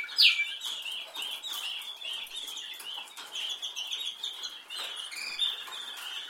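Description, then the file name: Canary twittering song, a busy run of high chirps after one sharp downslurred note at the start. "Canary Voice"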